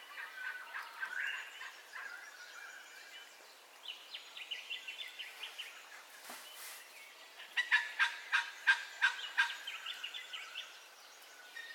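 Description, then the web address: Bird calls: mixed whistles and chatter early on, a brief noisy burst, then a rhythmic series of loud harsh notes, roughly three each second. Dawn ambience with bird calls, stereo. "Sound Effects-Foundation Updates AMBIENCE DAWN BIRDCALLS STEREO"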